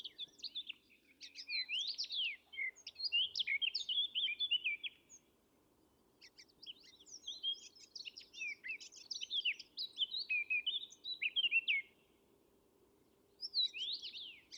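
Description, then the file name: Eurasian blackcap singing long tumbling phrases of mixed squeaky and whistled notes, each several seconds long, separated by short silences; a low background hum runs underneath. "Sylvia atricapilla"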